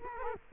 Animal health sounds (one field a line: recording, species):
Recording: mosquito wingbeat signal from an infrared sensor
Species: Culex quinquefasciatus